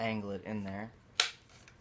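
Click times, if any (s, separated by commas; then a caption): 1.2 s. Someone talks as the clear plastic dust canister of a Dyson DC56 handheld vacuum is angled into the vacuum body and pushed home. A sharp click at 1.2 s marks the canister seating into place, followed by a fainter tick at about 1.7 s.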